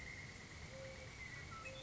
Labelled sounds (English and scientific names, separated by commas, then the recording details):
Mourning Dove (Zenaida macroura)
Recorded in Sonoma County, California